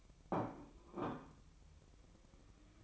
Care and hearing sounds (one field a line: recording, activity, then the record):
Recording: daily activity, microphone in the room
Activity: place plate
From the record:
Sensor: 1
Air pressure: 1007.5 hPa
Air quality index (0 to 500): 76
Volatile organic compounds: 1 ppm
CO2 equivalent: 663 ppm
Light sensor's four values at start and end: 7/18/7/8 and 7/18/7/8